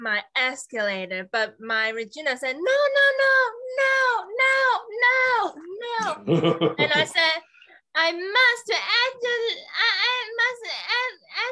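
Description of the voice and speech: Halting, telegraphic speech from an adult woman who survived a stroke, with missing words, long pauses, a string of repeated 'no' and restarted phrases, typical of nonfluent aphasia after stroke.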